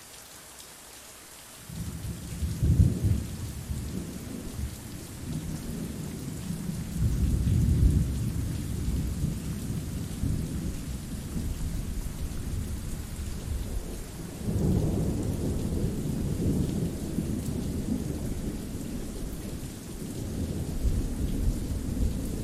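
Steady rain hisses through the whole clip, with heavy low thunder rolling in near the start and swelling again around fifteen seconds.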